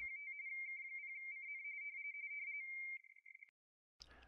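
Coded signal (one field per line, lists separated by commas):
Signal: RTTY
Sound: warbling two-tone teleprinter chatter for about 3.5 seconds, then silence and brief static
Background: radio static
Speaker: when it's my turn to transmit I'll press the exchange text button which on my setup will be function key number two and I'll transmit my report to the station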